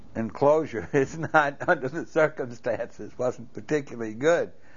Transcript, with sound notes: enclosure is not, ( he laughs ) under the circumstances, wasn't particularly good.